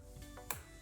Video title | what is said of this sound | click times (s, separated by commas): 2018-2025 CHEVY EQUINOX 1.5L Turbo - Service Mass Air Flow Sensor and Air Filter | I'm checking my rubber gasket make sure it's not deformed going to install it listen for the click | 0.5 s